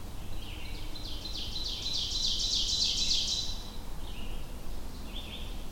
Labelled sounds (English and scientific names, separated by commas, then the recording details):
Ovenbird (Seiurus aurocapilla) song
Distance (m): 40 m
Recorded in boreal forest in Alberta, Canada, on 22 June 2016 at 06:22
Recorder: SongMeter 3, array SBT-6-76
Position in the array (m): 275 m, 90 m
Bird 1